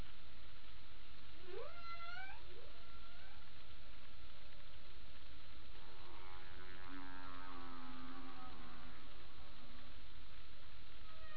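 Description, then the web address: Humpback whale song units: quick rising upsweeps early, then a harmonic, pulsed groaning moan with many stacked bands lasting several seconds, against low underwater background rumble. Humpback whales; 28 April 2009; passive acoustic sensing, HARP data. "Passive Acoustic Sensing Humpbacks In HARPdata 20090428"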